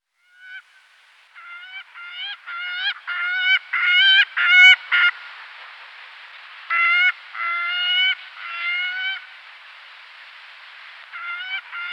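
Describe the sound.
Gyrfalcon giving harsh, wailing harmonic calls in uneven bursts, some closely clustered, others separated by longer pauses, over a faint steady hiss.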